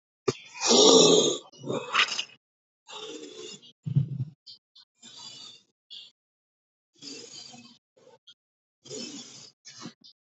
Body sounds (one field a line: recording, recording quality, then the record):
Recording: deep breathing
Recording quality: excellent, no background noise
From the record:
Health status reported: healthy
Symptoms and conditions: none ticked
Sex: male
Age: 19 years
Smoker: not ticked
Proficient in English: yes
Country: India